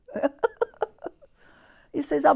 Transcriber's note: she laughs